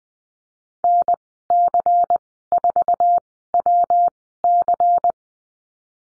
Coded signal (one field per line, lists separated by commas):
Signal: Morse code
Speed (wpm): 20 wpm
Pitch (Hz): 700 Hz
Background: none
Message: NC4WC